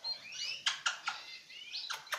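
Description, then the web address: Australian king parrot making short rising whistles mixed with sharp, clicking chirps in a quick irregular series. Recorded 16 January 2019. "parrots alisterus-scarularis"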